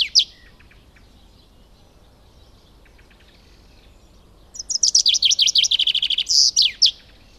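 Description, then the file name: Common chaffinch singing: the tail of one song at the start, a long pause, then a full cascading trill of repeated notes closing with a sharp flourish. "Fringilla coelebs"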